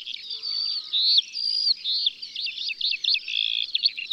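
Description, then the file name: Eurasian skylark song, a quick jumble of high warbles and slurred whistles, with a brief lower whistled phrase near the start. In the countryside. "Alouette des champs Chants d'oiseaux dans la campagne"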